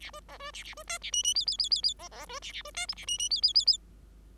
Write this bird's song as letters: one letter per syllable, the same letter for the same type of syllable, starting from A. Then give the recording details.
A B C B A A B D A E E F F F F F C C B A A B D G A E E F F F F. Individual Bird5